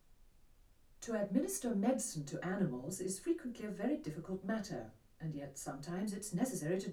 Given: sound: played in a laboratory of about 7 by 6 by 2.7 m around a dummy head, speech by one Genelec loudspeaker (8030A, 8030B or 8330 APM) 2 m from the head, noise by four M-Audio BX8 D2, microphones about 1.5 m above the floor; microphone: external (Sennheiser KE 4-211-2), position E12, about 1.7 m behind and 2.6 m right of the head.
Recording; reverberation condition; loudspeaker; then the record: female speech in English; low; in front (0 degrees)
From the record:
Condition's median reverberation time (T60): about 310 ms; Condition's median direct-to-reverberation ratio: about 3.5 dB